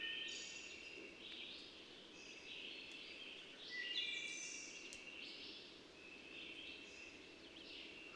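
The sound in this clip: Birds singing together, high thin whistles and chirpy warbles overlapping continuously against a low steady background hiss.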